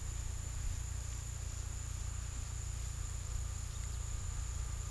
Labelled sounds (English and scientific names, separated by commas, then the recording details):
none
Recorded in pastures near Puerto Asís, Putumayo, Colombia, on 18 December 2024 at 15:30
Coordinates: 0.486, -76.323
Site GP01